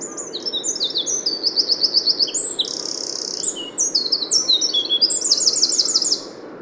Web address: SETE Troglodytes troglodytes